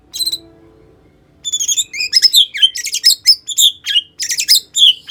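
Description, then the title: White-rumped shama song: a brief note, a pause, then a fast, continuous string of sharp high whistles and chips. "murai batu"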